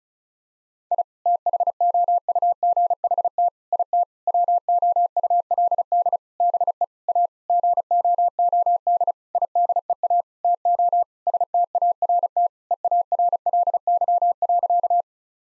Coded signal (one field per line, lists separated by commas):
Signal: Morse code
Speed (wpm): 36 wpm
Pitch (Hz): 700 Hz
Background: none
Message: I THOUGHT IT WOULD BE A GOOD IDEA TO START EARLY.